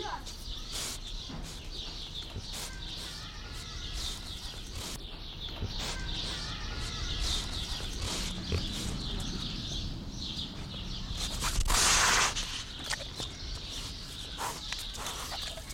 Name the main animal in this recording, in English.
White-lipped Peccary